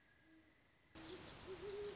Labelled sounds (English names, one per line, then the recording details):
Great Horned Owl
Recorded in Sonoma County, California